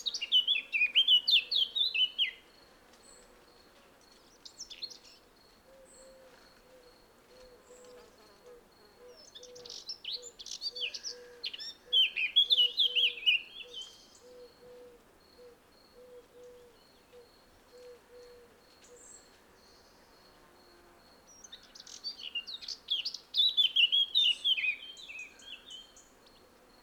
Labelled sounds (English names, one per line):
Eurasian Blackcap song